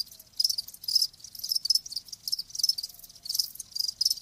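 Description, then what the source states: Cricket chirps arrive as short high pulsing bursts, rhythmic. Live crickets chirping, as a sleep sound.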